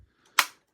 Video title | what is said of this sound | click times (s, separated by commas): G.I. Joe Classified Series Vamp & Clutch live review! | shut so you hear that click you know it's shut | 0.4 s